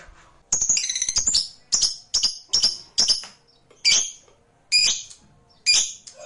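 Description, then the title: Lovebird chirps, a quick chattering run of squeaky notes followed by separate shrill high chirps at uneven gaps. Played to stimulate a lazy lovebird that is reluctant to sing into spontaneous, eager singing. "LOVEBIRD Malas Bunyi JADI GREGET SPONTAN Langsung NARIK"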